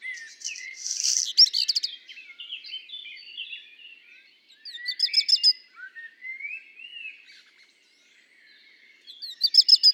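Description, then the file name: Black redstart repeating its song three times: a harsh crackle with ticking notes each time, while soft warbled phrases fill the gaps between. Heard with common blackbird song; recorded at Le Puech on 5 June 2021. "050621-chant-de-rougequeue-noir-de-merle-noir-Le-Puech"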